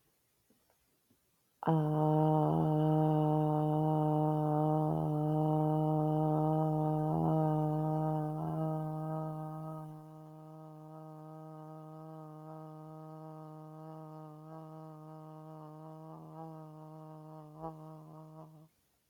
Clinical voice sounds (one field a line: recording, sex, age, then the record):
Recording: vowel held as long as possible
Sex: female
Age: 50 to 59 years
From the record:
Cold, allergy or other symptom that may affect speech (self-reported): no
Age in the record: 50 years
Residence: United States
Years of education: 14